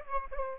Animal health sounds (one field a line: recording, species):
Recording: mosquito wingbeat signal from an infrared sensor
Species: Aedes aegypti